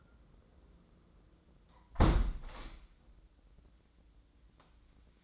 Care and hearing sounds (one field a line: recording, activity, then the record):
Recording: daily activity, microphone in the room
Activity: close window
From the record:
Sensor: 3